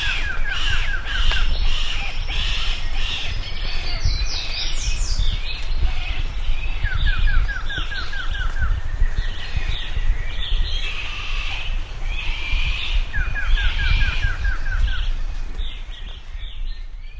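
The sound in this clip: Bird calls: harsh squawks from several birds, with a quick run of short repeated notes three times, over continuous low rumbling noise.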